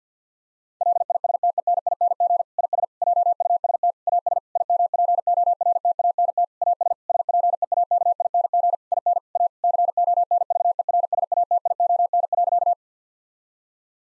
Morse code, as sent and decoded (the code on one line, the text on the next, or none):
.-.. .. ... - . -. .. -. --. / .. ... / .--- ..- ... - / .- ... / .. -- .--. --- .-. - .- -. - / .- ... / ... .--. . .- -.- .. -. --. / .. -. / .- / -.-. --- -. ...- . .-. ... .- - .. --- -. .-.-.-
LISTENING IS JUST AS IMPORTANT AS SPEAKING IN A CONVERSATION.